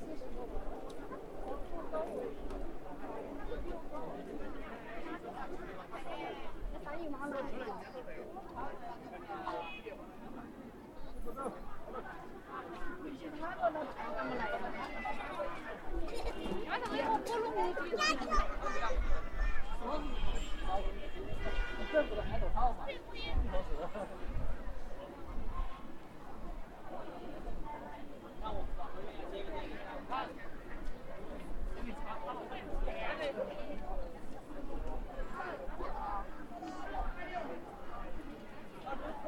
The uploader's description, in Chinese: 重庆洪崖洞